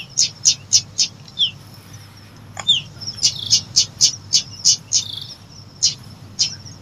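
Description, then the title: Lovebird chirps: rapid shrill high chips in two bursts separated by a pause, with a few down-slurred squeaks and a click. Recording used to lure lovebirds. "PIKAT BURUNG LOVEBIRD"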